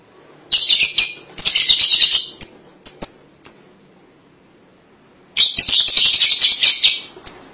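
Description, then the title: Lovebird chatter, two bursts of shrill, scratchy twittering separated by a short silence, with a few thin, sharp squeaks in between. "Suara Burung Lovebird"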